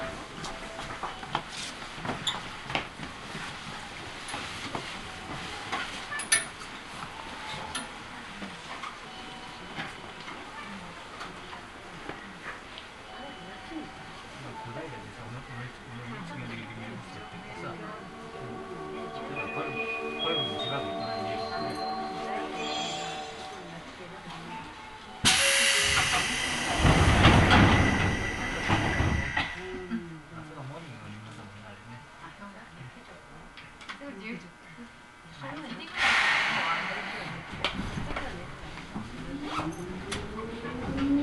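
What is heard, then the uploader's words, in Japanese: A Seibu Railway train ride: steady rumble, a rising motor whine mid-clip, a loud whooshing burst near 25 seconds, another around 36. 耳で楽しむ鉄道旅 西武鉄道 本川越→東村山→小川→萩山→青梅街道。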